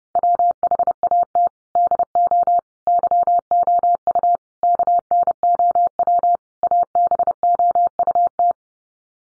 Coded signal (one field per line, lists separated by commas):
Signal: Morse code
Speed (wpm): 30 wpm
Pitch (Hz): 700 Hz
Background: none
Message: WHAT DO YOU KNOW ABOUT